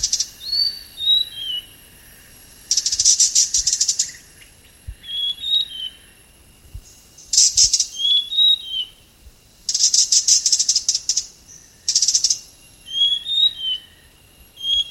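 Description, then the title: Hanging parrot calls: bursts of harsh, buzzy chatter in rapid pulsed series, alternating with short thin whistled notes that rise and fall, repeated throughout. "SERINDIT"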